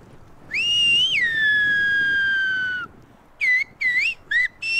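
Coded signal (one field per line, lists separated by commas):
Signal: whistled language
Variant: Silbo Gomero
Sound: a long clear whistle rising then falling and sliding down, then four short modulated whistles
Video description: con i fischiatori dell’Associazione Culturale del Silbo Gomero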